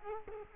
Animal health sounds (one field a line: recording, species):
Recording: mosquito wingbeat signal from an infrared sensor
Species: Culex quinquefasciatus